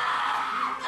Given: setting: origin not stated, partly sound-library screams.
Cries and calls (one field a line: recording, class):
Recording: one-second piece from a danger detection set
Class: woman in danger